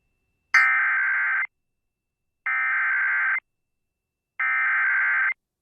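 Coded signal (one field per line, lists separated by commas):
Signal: Emergency Alert System (SAME) tones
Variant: header bursts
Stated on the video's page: Compilation of Oklahoma alerts, the maker's own personal captures.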